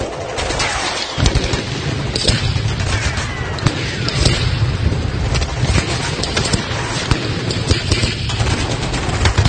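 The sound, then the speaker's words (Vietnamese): A burst of machine gun fire, shot to intimidate and clear the way, sweeps over banana leaves: loud, sustained fire rattles on for several seconds in rapid, overlapping bursts, with heavy low thuds mixed into the clatter and no voices. “Một loạt súng máy bắn dọa dẫm để dọn đường bắt đầu xuất ào ào trên mấy tàu lá chuối và khiến cho Nhâm phải mọp lưng nằm xuống.”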